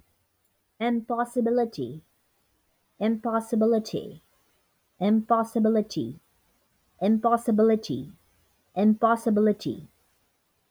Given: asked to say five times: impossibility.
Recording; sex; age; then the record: repeated word; female; 40 to 49 years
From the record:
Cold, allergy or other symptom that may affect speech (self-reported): no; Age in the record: 45 years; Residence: New York, United States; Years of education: 17